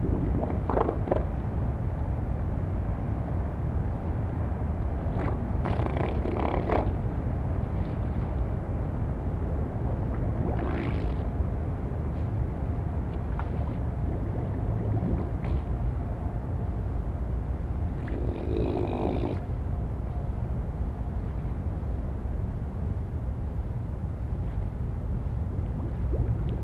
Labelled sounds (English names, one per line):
Harbor Seal